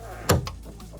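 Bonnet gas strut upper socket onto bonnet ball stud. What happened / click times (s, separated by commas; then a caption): The strut socket snapped onto its ball stud / 0.3 s. The upper socket of a BMW bonnet gas strut is pressed onto its ball stud while the bonnet is held up with a head. A sharp snap at 0.3 s marks the clip going onto the ball stud, followed by a softer knock at about 0.5 s and a faint one at about 0.8 s over a low steady hum. The strut top is seated on the ball stud.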